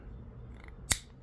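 A cleaned power window switch from a 2012 Kia Sportage is reassembled by pressing a plastic switch part back into its housing. Two faint ticks at about 0.6 and 0.7 s lead to one sharp, bright click at 0.9 s, then quiet background. The part seats and clicks into place.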